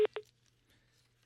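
A radio call-in listener's phone line from Rome cuts off: two short, loud electronic beeps in quick succession, then near-silence with a faint low hum. No one speaks.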